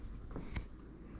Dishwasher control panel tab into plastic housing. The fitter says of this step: snaps into place same thing over here I'm